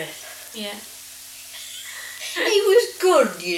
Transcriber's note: laughs